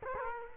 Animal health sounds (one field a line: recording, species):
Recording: mosquito wingbeat signal from an infrared sensor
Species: Culex quinquefasciatus